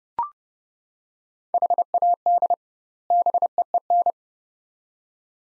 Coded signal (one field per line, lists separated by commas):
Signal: Morse code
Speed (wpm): 31 wpm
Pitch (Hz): 700 Hz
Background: none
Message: HAD BEEN